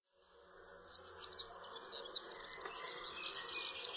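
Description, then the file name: European serin, a rapid, jangling, high-pitched twittering song that runs continuously, with fast buzzy trills and squeaky notes throughout. "KULCZYK"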